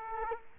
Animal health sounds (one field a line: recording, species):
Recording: mosquito wingbeat signal from an infrared sensor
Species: Culex quinquefasciatus